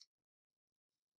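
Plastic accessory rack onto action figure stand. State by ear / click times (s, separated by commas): not seated / none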